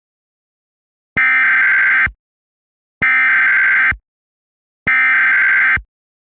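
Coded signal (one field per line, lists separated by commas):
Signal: Emergency Alert System (SAME) tones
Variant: header bursts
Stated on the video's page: Simulated train derailment alert made with a macro combo.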